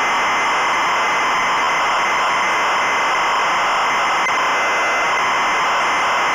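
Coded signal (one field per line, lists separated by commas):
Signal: ZX Spectrum tape loading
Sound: continuous harsh screeching data warble, no lead tone in this stretch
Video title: ZX Spectrum Code on 'XL1' by Pete Shelley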